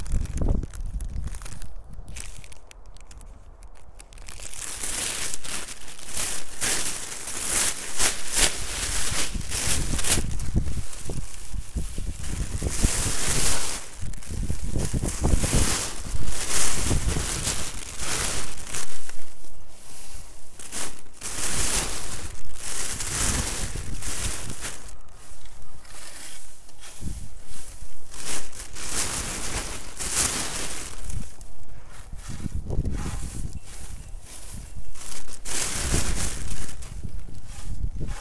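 Dried daikon strips are gathered off a drying rack into a bag, with dense, irregular crinkling and rustling of plastic through nearly the whole clip. After a quieter first few seconds, the crackling swells in repeated bursts, with brief lulls around 25 and 33 seconds.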